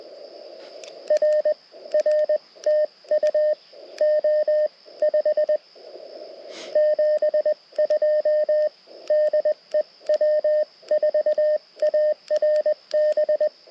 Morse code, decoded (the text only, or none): R R TU O 5 72 DE W4ARB